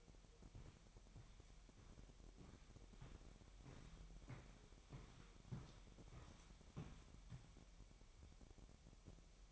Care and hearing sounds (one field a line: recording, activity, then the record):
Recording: daily activity, microphone in the room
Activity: walk to room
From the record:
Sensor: 1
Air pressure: 1012.3 hPa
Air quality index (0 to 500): 192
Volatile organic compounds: 4 ppm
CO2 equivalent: 1548 ppm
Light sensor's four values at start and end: 83/199/84/89 and 81/193/82/87